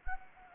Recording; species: mosquito wingbeat signal from an infrared sensor; Anopheles gambiae